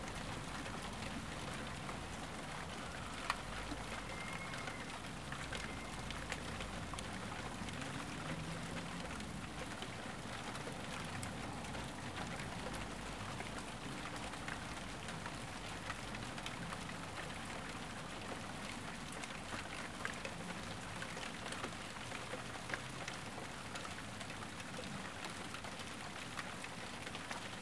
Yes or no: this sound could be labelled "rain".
yes